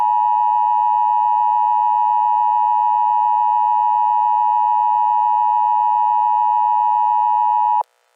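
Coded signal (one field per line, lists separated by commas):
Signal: Emergency Alert System (SAME) tones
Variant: 853 and 960 Hz attention tone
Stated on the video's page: Fictional EAS scenario made for fun; SAME tones possibly valid.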